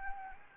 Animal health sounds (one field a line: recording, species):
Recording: mosquito wingbeat signal from an infrared sensor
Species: Anopheles gambiae